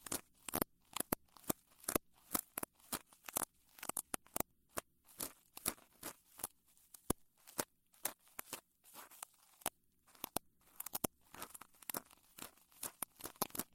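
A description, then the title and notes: Crisp brushing and rubbing sounds near the ear, irregular quick scratchy strokes and crinkles every fraction of a second. Immerse yourself in the soothing sounds of gentle ear brushing, careful ear cupping, and soft cotton swab strokes. The gentle, binaural audio experience.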